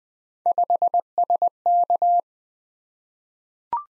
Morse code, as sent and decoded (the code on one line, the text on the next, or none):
..... ... -.-
5SK